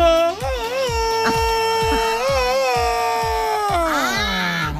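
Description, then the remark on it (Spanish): A man lets out a long, loud jungle-style yell, his voice warbling up and down in a yodeling wave before sliding downward at the end, over a steady thumping beat. “Me gustaría que ese grito lo hiciese Juanito a estas horas de la mañana. A ver. El grito de Tarzán.”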